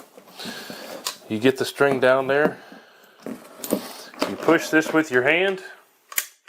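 A TenPoint Stealth 450 crossbow is cocked by hand: its string is pulled down and pushed until it latches into the trigger catch. Someone talks, then a sharp click at 6.2 s shows the string has seated and the crossbow is cocked.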